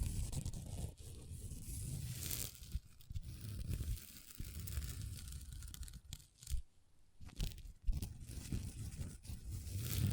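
Long nails scratch and tap across a table in a busy, continuous stream of rough, papery scraping. The texture is dense and fairly even, with low thumps underneath and brief quiet gaps around six and seven seconds before the scratching resumes.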